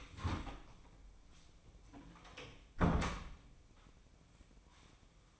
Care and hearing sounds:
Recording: daily activity, microphone in the room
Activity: close door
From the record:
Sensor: 1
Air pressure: 1012.3 hPa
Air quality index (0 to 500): 169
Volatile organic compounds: 3 ppm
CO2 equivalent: 1388 ppm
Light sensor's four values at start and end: 545/1283/564/676 and 553/1302/572/687

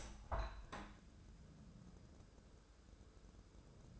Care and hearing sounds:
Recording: daily activity, microphone in the room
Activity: open window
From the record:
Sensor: 2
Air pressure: 1014.8 hPa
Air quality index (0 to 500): 27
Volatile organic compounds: 1 ppm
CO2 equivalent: 516 ppm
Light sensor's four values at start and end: 8/19/8/8 and 8/20/8/8

